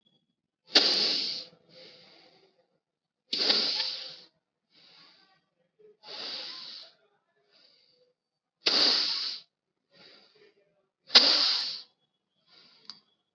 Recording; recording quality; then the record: deep breathing; excellent, no background noise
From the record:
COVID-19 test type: RT-PCR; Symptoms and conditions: cough, fever, fatigue, muscle pain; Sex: male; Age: 21 years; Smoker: yes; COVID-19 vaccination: both doses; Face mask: worn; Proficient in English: yes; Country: India